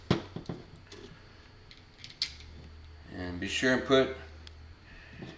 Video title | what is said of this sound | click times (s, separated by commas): How to Assemble Explosion Proof Drop Light (Hand Lamp) with inline transformer EPL-230X24VAC-100 | slide the guard until it locks in place | 2.2 s